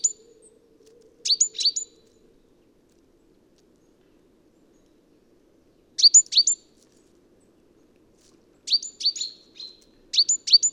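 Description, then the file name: Great tit calling in several quick bursts of high, clipped, chattering notes, with long silent gaps between some of them. "Parus major"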